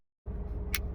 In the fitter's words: locking it in place. You'll feel it lock in a place.